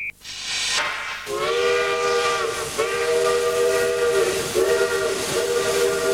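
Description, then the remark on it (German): A steam train whistle, announced as the Alabama Express pulling in, blows in long sustained tones with several stacked harmonic pitches, wavering slightly, over a loud, continuous hiss of steam. No one speaks. “Vorsicht bei der Einfahrt des Alabama Express!”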